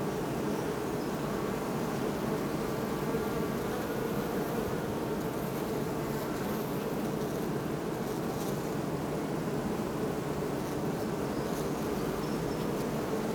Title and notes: Botanischer Garten Oldenburg, bee hives, hum of hundreds of bees (Sony PCM D50)